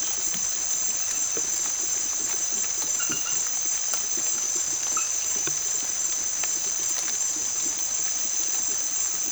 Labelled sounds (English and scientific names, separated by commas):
none